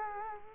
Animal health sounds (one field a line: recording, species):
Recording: mosquito wingbeat signal from an infrared sensor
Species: Culex quinquefasciatus